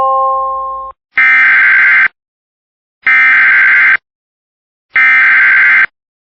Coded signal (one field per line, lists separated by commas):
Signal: Emergency Alert System (SAME) tones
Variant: header bursts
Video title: Fail FFW for Iowa (EAS not counted read the description)